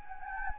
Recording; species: mosquito wingbeat signal from an infrared sensor; Anopheles gambiae